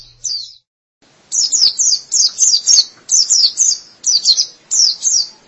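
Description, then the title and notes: White-eye song: a quick chirp, a short silence, then a run of high twittering notes in closely spaced bursts. "Kicauan Burung Pleci Durasi Panjang. Suara kicauan burung pleci"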